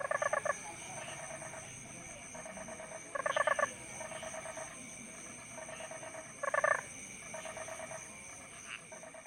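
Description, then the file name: Toad calls: short, rapid pulsed trills, each under a second long, repeated in groups throughout, over steady high-pitched tones. "Crapauds"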